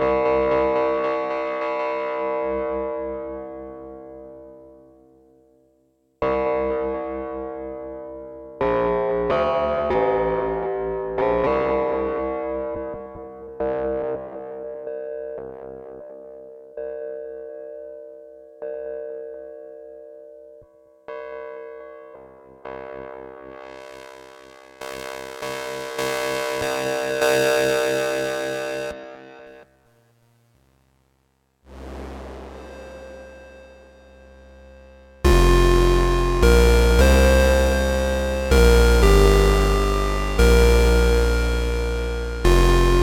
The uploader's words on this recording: SH - 7 Front Panel Exploration (not music). Just messing with front panel. Oscillators, filters, ring mod, sample & hold, etc.